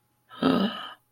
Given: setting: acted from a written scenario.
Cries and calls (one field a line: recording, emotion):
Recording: vocal sound without words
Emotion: negative surprise